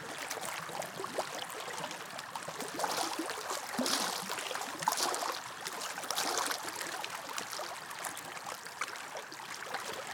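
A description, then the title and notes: Small wind ripples lap against a rocky lakeshore in a steady wash of water. Soft splashes and trickles pile densely on one another, swelling slightly around the middle before settling back to an even, gentle murmur. This was recorded just after sunset beside Medicine Lake in Modoc National Forest, Siskiyou County, California. The wind had just died down and the remaining wind ripples lapped against the rocky shoreline, then slowly subsided as the lake became increasingly still. Nightfall Beside Medicine Lake.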